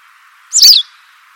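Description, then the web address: White wagtail call, one brisk high-pitched double-note chip, short and clipped, with a constant faint hiss running underneath. "cianscape birddata Deverinetal 2025"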